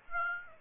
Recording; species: mosquito wingbeat signal from an infrared sensor; Aedes aegypti